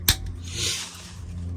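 An electrical wiring harness connector is pushed, white tab facing up, onto a new shift solenoid F on the transmission of a 2003–2010 Dodge Ram 1500/2500/3500. A single sharp plastic click at 0.1 s stands out over a steady low hum, followed by faint rubbing and a soft tick near the end. The connector is seated and locked in place.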